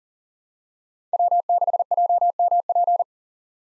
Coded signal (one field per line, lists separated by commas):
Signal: Morse code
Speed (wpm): 40 wpm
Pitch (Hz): 700 Hz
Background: none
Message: W6JMP